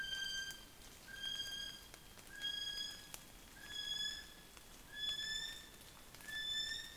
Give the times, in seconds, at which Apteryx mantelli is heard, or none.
0.00-6.97